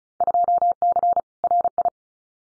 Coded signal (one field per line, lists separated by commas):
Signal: Morse code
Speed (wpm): 34 wpm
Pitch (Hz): 700 Hz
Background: none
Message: 2C RI